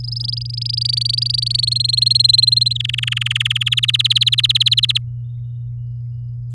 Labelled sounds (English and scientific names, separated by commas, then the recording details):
Domestic Canary (Serinus canaria) song
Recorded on 9 May 2018 at 09:45
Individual llb16